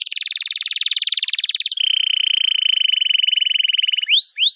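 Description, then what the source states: Canary singing a fast pulsing trill that switches to a lower, steadier rolling trill, finishing with two quick upward-swept whistles. Canary song used as a lure for trapping birds.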